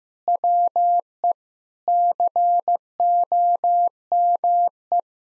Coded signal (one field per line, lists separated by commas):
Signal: Morse code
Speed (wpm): 15 wpm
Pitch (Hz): 700 Hz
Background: none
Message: WE COME